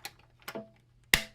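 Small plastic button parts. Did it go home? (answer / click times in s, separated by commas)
yes / 1.1 s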